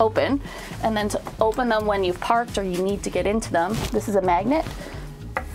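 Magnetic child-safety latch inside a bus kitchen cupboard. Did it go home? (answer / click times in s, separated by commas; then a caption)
released / 5.4 s. A magnet key is moved over the outside of a bus kitchen cupboard to release the magnetic child-safety latch inside, so the cupboard can be opened when parked. Someone talks throughout, and a small click at 5.4 s marks the latch letting go and releasing.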